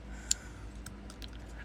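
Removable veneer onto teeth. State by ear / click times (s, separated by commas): seated / 0.3 s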